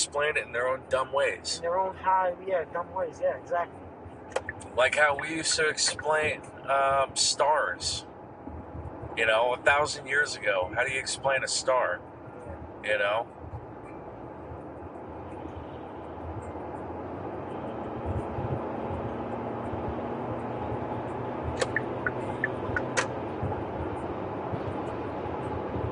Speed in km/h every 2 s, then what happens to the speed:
82, 87, 90, 92, 92, 90, 90, 93, 97, 103, 108, 111, 113.
0-6 speeds up to 92. 6-12 steady at about 90. 12-26 speeds up to 113.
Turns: none.